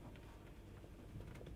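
The second new plastic hinge for a Beko freezer's top flap is handled at its holes on the other side of the freezer liner, to be pushed in until it clicks. A steady low hum runs throughout, with a faint brief tick near 0.2 s. The hinge has not seated or clicked yet.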